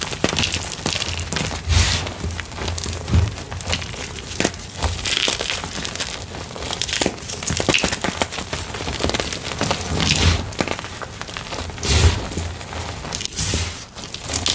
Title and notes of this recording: Deep Blue Dyed Chalk + Black Glitter Mix. Loud, soft crunchy asmr oddly satisfying gym chalk crushing sounds